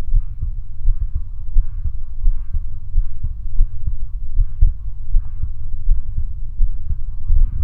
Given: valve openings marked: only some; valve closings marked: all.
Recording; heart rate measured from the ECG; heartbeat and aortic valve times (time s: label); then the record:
heart sounds by stethoscope; 84 bpm
0.15 s: heartbeat (ECG mark)
0.20 s: aortic valve opens (echo mark)
0.43 s: aortic valve closes (echo mark)
0.88 s: heartbeat (ECG mark)
0.92 s: aortic valve opens (echo mark)
1.16 s: aortic valve closes (echo mark)
1.57 s: heartbeat (ECG mark)
1.62 s: aortic valve opens (echo mark)
1.86 s: aortic valve closes (echo mark)
2.26 s: heartbeat (ECG mark)
2.30 s: aortic valve opens (echo mark)
2.55 s: aortic valve closes (echo mark)
2.96 s: heartbeat (ECG mark)
3.01 s: aortic valve opens (echo mark)
3.25 s: aortic valve closes (echo mark)
3.60 s: heartbeat (ECG mark)
3.66 s: aortic valve opens (echo mark)
3.89 s: aortic valve closes (echo mark)
4.40 s: heartbeat (ECG mark)
4.43 s: aortic valve opens (echo mark)
4.68 s: aortic valve closes (echo mark)
5.15 s: heartbeat (ECG mark)
5.20 s: aortic valve opens (echo mark)
5.45 s: aortic valve closes (echo mark)
5.90 s: heartbeat (ECG mark)
5.95 s: aortic valve opens (echo mark)
6.20 s: aortic valve closes (echo mark)
6.62 s: heartbeat (ECG mark)
6.68 s: aortic valve opens (echo mark)
6.91 s: aortic valve closes (echo mark)
7.32 s: heartbeat (ECG mark)
7.61 s: aortic valve closes (echo mark)
From the record:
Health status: healthy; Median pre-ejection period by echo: 47 ms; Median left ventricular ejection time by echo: 244 ms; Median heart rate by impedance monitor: 73 bpm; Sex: female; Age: 20 years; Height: 170 cm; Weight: 60 kg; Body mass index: 20.76